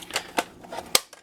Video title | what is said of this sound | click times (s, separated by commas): Transformers G1 Optimus Prime KO Reissue.Black Version | There we go. It does click in. | 1.0 s